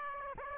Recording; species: mosquito wingbeat signal from an infrared sensor; Aedes aegypti